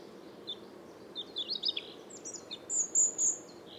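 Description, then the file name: European robin song: soft, scattered high twitters and short sweeps, ending in a brighter thin whistle and a final chirp, over steady low background noise. "Erithacus rubecula"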